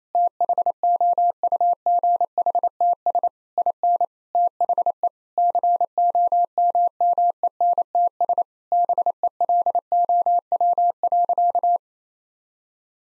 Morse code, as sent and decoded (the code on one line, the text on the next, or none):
- .... --- ..- --. .... - ... / .. -. / - .... . / -.-. --- -- -- . -. - ... / -... . .-.. --- .-- .-.-.-
THOUGHTS IN THE COMMENTS BELOW.